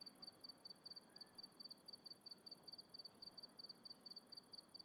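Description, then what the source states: Crickets chirp in quick high bursts of two or three pulses, repeated several times a second against faint hiss. Recorded at night in the countryside.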